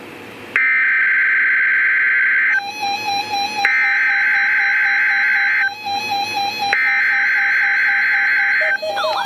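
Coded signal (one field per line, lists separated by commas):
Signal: Emergency Alert System (SAME) tones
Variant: header bursts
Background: speech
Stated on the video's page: Required weekly test received from NOAA Weather Radio station in Milwaukee, Wisconsin.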